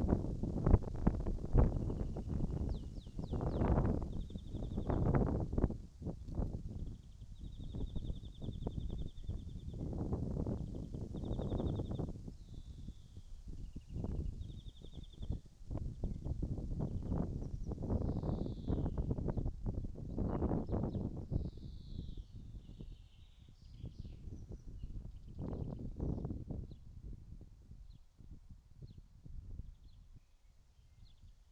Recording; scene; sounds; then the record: everyday scene through a hearing-aid microphone; wind on the microphone; wind, birds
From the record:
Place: in front of a rural house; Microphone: in the ear canal, right